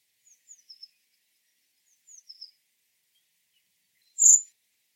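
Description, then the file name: Common blackbird calls: two series of faint thin notes sliding downward, then a single loud, sharp, very high burst near the end. "Turdus merula"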